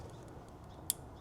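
A wiring connector is pushed onto an ignition coil on an FK8 Type R during a spark plug job, so the engine will have spark. A single sharp, brief click at 0.9 s stands out over a low, steady background, and the plug is fully seated on the coil.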